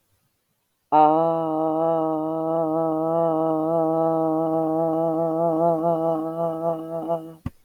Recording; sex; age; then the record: vowel held as long as possible; female; 40 to 49 years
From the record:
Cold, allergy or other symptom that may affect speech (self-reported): no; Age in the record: 43 years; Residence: United States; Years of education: 12